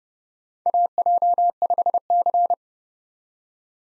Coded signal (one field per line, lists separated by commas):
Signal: Morse code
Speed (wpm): 30 wpm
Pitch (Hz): 700 Hz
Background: none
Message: AJ5C